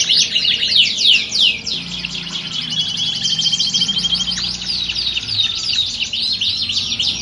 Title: Canto Para Esquentar Canário Belga. Simulasi Lomba Kenari. Suara Kenari Lomba. Melatih Mental Kenari Juara